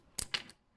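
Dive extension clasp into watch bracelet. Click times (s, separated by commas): 0.2 s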